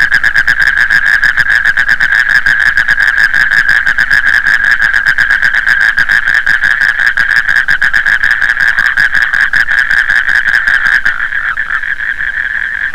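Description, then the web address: Frog calling in a dense, fast pulsing trill that runs steadily for about eleven seconds, then softens near the end. "Frogs World"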